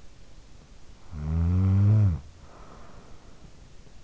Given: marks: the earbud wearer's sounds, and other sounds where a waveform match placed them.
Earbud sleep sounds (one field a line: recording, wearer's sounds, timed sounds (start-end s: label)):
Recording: sounds in sleep by an in-ear microphone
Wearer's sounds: snoring breath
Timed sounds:
0.84-3.64 s: snoring breath